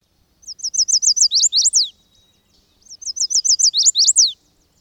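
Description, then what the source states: Chestnut-sided Warbler singing twice: a run of five or six high, sweet repeated notes ending in a sharp, emphatic down-slurred flourish. Males returning to the Northland from the tropics sing over and over; song rendered as "I'm here to see Miss Beecher"; dated 23 May 2000.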